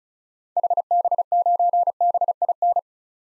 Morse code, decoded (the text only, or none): HB9BIN